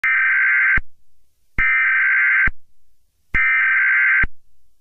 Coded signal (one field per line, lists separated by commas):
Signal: Emergency Alert System (SAME) tones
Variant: header bursts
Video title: Emergency Alert System